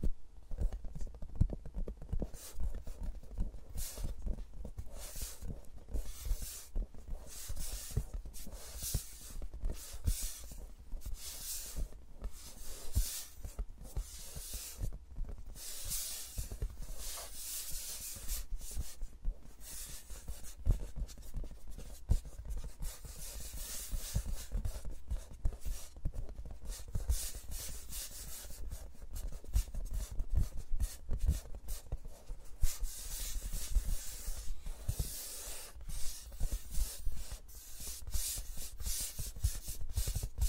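Fingers rub and scratch close against microphones in quick, uneven bursts of crisp, hissy friction over a steady low rumble, continuing throughout.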